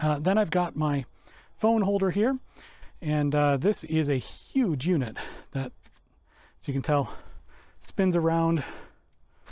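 A rotating phone holder head on its bicycle handlebar mount is handled and spun around while a man talks. Nothing has seated or locked in place yet.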